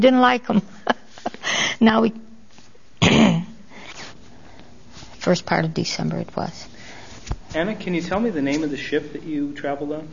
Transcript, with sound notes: We didn't like them. ( she laughs ) Now we... ( she clears her throat ) The first part of December, it was.
Anna, can you tell me the name of the ship that you traveled on?